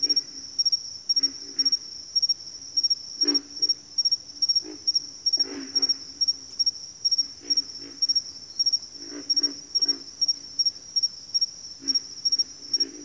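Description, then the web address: Pig frog grunting deeply and irregularly while a cricket chirps in quick regular pulses throughout. "Sleep Sounds of Nature. Pig Frogs"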